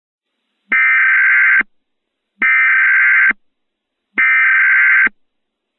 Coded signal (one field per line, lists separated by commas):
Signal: Emergency Alert System (SAME) tones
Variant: header bursts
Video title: EAS alerts 10/16/2021